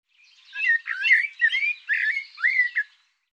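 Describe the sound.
Bird song, a single dense phrase of scratchy, slurred whistles and squeaks that rise and fall rapidly for about two and a half seconds.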